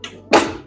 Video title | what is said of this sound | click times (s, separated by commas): Rascal Conquest 3-Wheel Scooter - Best for Indoors & Outdoors Mobility | now that's snapped into place. | 0.3 s